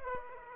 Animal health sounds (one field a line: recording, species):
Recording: mosquito wingbeat signal from an infrared sensor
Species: Aedes aegypti